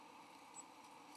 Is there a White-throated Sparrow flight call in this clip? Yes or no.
no